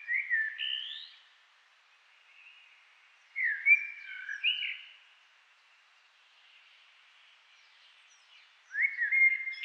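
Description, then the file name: Common blackbird singing three separate whistled phrases, with long quiet gaps between. "Turdus merula"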